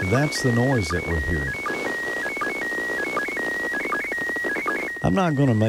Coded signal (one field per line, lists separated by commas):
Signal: SSTV (slow-scan television)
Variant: PD 180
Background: speech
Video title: Ham Nation 178: Happy 2015!